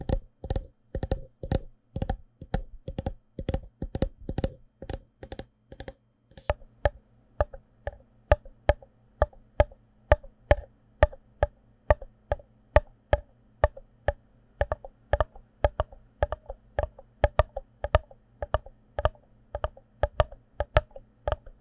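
Fingers tap on cardboard cups in a run of crisp, hollow knocks. The first six seconds bring fast, regular, heavier taps; after that the taps turn lighter and more uneven, with a low steady hum underneath until the end.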